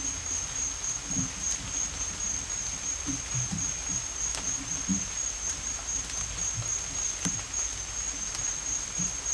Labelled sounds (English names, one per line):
none